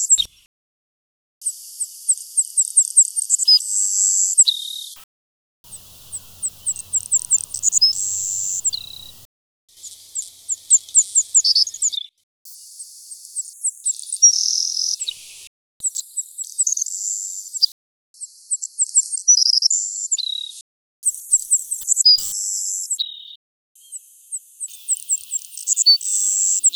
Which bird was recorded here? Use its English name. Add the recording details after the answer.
Savannah Sparrow. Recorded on Kent Island, New Brunswick, in 2004